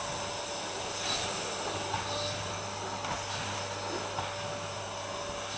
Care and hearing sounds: daily activity, microphone in the room; vacuum cleaning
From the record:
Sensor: 2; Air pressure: 1011.7 hPa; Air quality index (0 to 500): 220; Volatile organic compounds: 4 ppm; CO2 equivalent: 1549 ppm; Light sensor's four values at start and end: 6/15/6/6 and 9/19/8/9

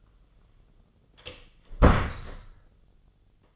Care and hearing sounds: daily activity, microphone in the room; close door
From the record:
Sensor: 4

